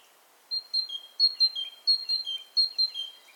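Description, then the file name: Great tit singing a ringing phrase of high whistles, each run ending on a slightly lower note, repeated several times in a steady rhythm. "Parus major"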